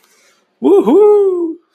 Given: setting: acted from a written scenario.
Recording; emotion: vocal sound without words; triumph